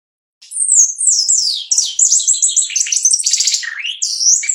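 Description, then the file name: Shiny cowbird song starting after a brief silence: a rapid, fluid cascade of high whistles, rattly trills and sliding notes lasting about four seconds. "canto do chupim"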